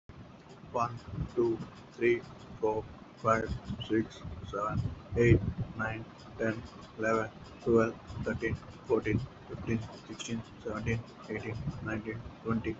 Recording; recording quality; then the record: counting at a normal pace; moderate, slight background noise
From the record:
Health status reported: healthy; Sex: male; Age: 25 years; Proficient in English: yes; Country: India